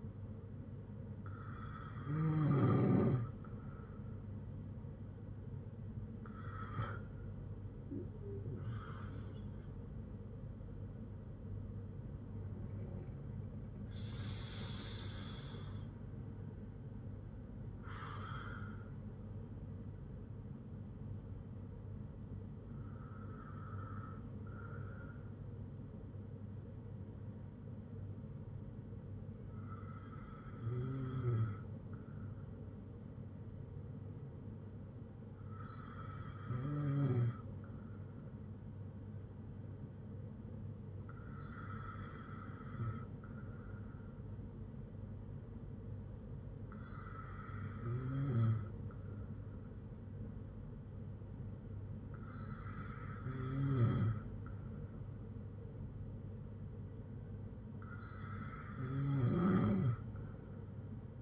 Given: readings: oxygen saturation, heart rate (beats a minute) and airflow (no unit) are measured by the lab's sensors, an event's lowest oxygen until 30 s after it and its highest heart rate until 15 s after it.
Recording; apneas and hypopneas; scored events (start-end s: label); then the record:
breathing in sleep by a smartphone at the bedside; none
8.00-38.00 s: new sleep stage, N1 (lightest sleep)
38.00-61.22 s: new sleep stage, N2 (light sleep)
From the record:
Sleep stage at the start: N2 (light sleep); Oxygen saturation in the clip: 94 to 96%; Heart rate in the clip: 58 to 75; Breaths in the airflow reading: 10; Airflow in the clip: -4.5 to 7.0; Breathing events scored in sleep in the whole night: 182 in 7.4 hours asleep